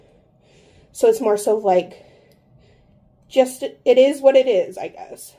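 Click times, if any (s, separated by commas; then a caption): none. A plastic building-block piece from a Bloom n Blox Forever Orchid flower set is fitted onto the build, but it is loose and will not stay attached. Someone talks throughout, and no click is heard: the piece has not clicked into place.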